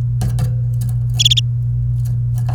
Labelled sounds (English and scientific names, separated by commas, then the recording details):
Domestic Canary (Serinus canaria) song
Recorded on 28 April 2018 at 10:17
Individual llb3